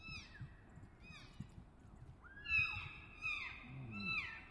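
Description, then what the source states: Elk calls: a series of sharp, high squeals that slide downward, several in under five seconds, over low rustling noise. Shortly after dawn, behind a stand of Ponderosa Pine; two bulls in a challenge over cows and territory; last week before firearm hunting season.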